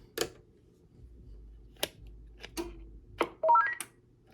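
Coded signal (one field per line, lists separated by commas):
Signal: roger beep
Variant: Stryker CB roger beep 4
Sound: several mechanical clicks, then a quick five-note rising beep run at the end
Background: switch clicks, low hum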